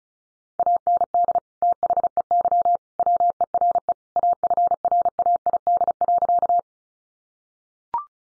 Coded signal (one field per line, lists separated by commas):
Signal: Morse code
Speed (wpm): 34 wpm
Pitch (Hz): 700 Hz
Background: none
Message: AND THEY WERE AFRAID.